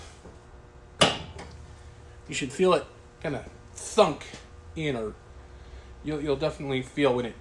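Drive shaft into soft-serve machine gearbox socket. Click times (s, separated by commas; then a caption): 1.0 s. A metal drive shaft is pushed into the gearbox socket at the back of the freezer barrel of a Taylor 490 soft-serve machine. It gives a sharp thunk at 1.0 s, followed by a faint tap, and then someone talks. The thunk marks the shaft seating in the socket.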